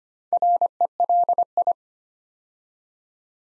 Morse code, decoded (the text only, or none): RELI